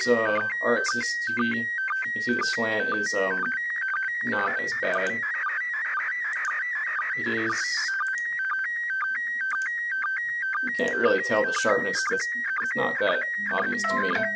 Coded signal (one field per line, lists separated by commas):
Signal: SSTV (slow-scan television)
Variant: PD 120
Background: speech